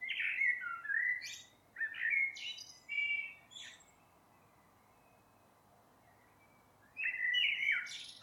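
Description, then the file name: Eurasian blackbird song: mellow fluted warbles followed by thin, high twittering flourishes, several phrases with a long quiet gap before the last. "Turdus merula"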